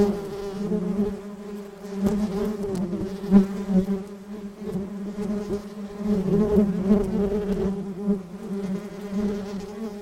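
Bee buzz, a continuous low droning hum that rises and falls in loudness.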